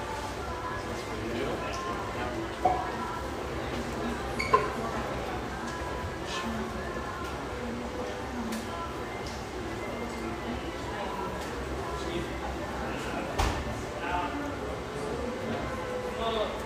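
A busy café in a ski town fills with a steady murmur of overlapping voices, dense and unbroken throughout. Occasional sharp clinks of cups or dishes cut through, most noticeably around three, five and thirteen seconds, with a low rumble underneath.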